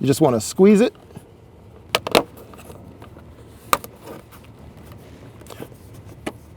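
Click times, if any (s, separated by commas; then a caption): 2.0 s, 3.7 s. Someone talks, then squeezes a plastic trim cover panel back into its clips inside the glovebox of a Cybertruck pickup truck, after LED USB hub wiring has been routed into the glovebox. Sharp plastic snaps are heard at 2.0 s and 3.7 s, with smaller ticks and handling noises around them. The cover is seated and snapped into place.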